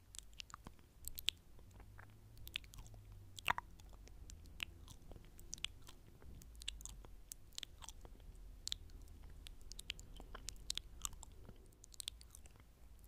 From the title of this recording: Intense Mouth Sounds For Relaxation Mic Nibbling, Kisses, Inaudible Whispers